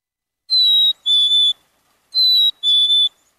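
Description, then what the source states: Black-capped Chickadee whistled song: a pure high note then a slightly lower one, the two-note phrase given twice. Spring song, commonly rendered as 'hey, sweetie'.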